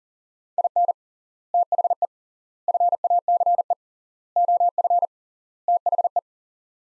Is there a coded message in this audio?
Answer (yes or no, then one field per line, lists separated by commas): yes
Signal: Morse code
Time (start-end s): 0.6-6.2 s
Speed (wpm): 40 wpm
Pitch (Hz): 700 Hz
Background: none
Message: IN THE FACE OF THE